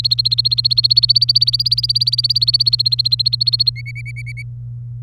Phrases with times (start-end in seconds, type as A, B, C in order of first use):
0.00-3.70 A, 3.76-4.42 B